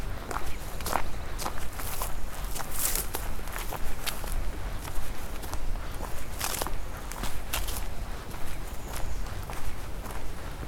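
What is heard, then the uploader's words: Footsteps on a walk around Jewel Lake, crunching at a steady, unhurried pace roughly every half second to second. A low rumble runs underneath throughout, with sharper crackling steps near the three, six-and-a-half and eight-second marks. Walk around Jewel Lake April 2021.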